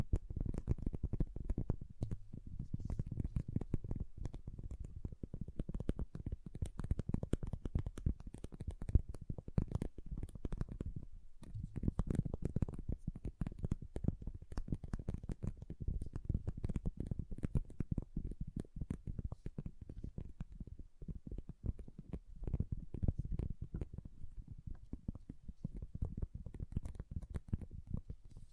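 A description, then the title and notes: Small plastic pixel art beads rattle and clatter without pause, a dense stream of quick, tiny clicks as they are shuffled and stirred. The sound stays mostly low and muffled, with sharper ticks scattered through, and the busy rustling holds steady for the whole half minute. ASMR Relaxing Pixel Art Beads ( No Talking).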